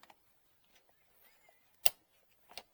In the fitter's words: like that and here snap in place